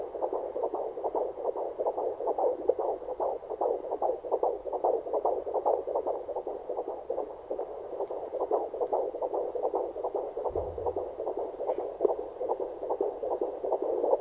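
Rapid, regular whooshing pulses at about 146 a minute over hiss: a baby's heartbeat in the womb, picked up by a home Doppler monitor.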